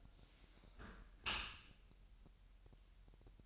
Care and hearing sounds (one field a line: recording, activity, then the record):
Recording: daily activity, microphone in the room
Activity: close dishwasher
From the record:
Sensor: 2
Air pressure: 1000.5 hPa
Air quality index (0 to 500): 245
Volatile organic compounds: 89 ppm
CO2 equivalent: 3681 ppm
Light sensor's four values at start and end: 9/21/9/9 and 9/21/9/9